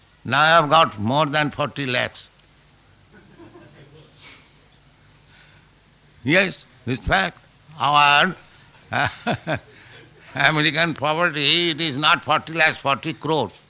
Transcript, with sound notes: Now I have got more than forty lakhs. [laughter] Yes. It is fact. Our American property, it is not forty lakhs---forty crores.